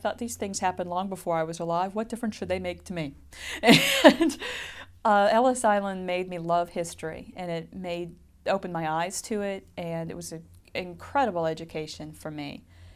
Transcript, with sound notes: I thought these things happened long before I was alive. What difference should they make to me? (she laughs) Ellis Island made me love history and it made, opened my eyes to it and it was an incredible education for me.